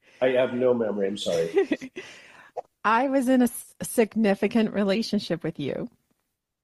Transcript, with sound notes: again. I have no memory, I'm sorry.
(laughs) I was in a s- significant relationship with you.